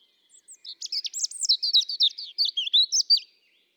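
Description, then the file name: European robin song: a fast, scratchy-sweet warble of quick notes, steady and busy at high pitch, lasting about three seconds. "Erithacus rubecula"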